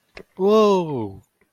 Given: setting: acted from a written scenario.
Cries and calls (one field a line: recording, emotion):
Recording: vocal sound without words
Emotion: elation